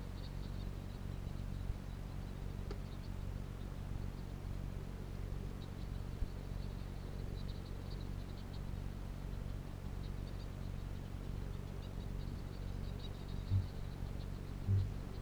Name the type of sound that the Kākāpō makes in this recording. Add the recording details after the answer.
boom. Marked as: faintness 4/5. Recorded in New Zealand. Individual Piripi